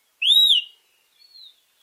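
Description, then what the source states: Akohekohe call: a loud, clear whistled note arching up and down, then a fainter, thinner whistle; otherwise quiet. Critically endangered honeycreeper endemic to the island of Maui, Hawaii; native songbird.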